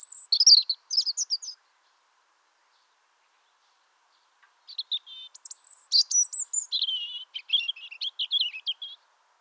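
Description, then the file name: European robin singing a brief twittery phrase, falling silent for about three seconds, then a longer run of high whistles and fast fluttering trills. "Erithacus rubecula"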